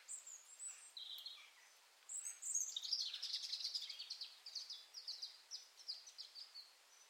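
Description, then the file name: European robin song, high warbling notes opening into a dense trilling stretch with repeated quick chirps, fading near the end, light background noise. "Erithacus rubecula"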